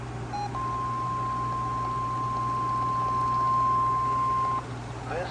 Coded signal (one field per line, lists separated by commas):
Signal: Emergency Alert System (SAME) tones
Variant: 1050 Hz attention tone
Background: speech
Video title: NWS Gray Required Weekly Test - 9/24/25 (EAS #2,377-2,379)